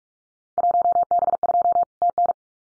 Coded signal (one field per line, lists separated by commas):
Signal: Morse code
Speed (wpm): 44 wpm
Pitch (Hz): 700 Hz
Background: none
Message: 1B2 TN